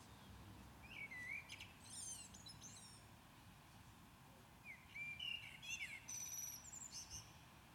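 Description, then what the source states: Common blackbird singing two phrases about four seconds apart, each mellow whistled notes running into a thin, scratchy high twitter, over faint background noise. Recorded at Maindy.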